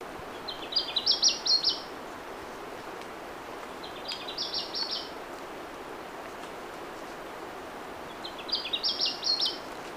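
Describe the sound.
Papuan scrubwren calls: three bursts of rapid high twittering notes about four seconds apart, against a steady hiss of background noise.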